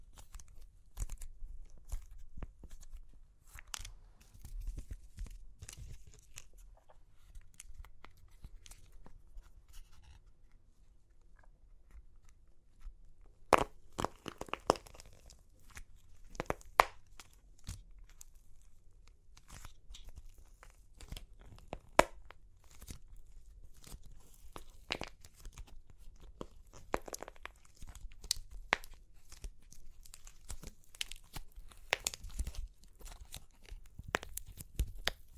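Crunchy clay cracks and crumbles, with sharp snaps and crinkly tearing bursts scattered throughout. A near-silent pause falls around ten to thirteen seconds, then the crackling returns denser and louder, with the strongest snaps near fourteen seconds.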